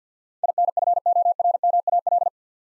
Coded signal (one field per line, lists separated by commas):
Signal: Morse code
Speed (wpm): 50 wpm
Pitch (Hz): 700 Hz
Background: none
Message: INFORMAL